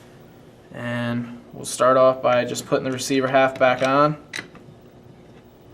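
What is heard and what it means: Someone talks while the receiver half of a paintball marker is being put back onto the marker body, with a couple of brief sharp sounds near 4.4 s and 4.6 s. Nothing has seated or clicked into place yet.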